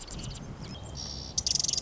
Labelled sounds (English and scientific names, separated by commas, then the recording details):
Marsh Wren (Cistothorus palustris)
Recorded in Sonoma County, California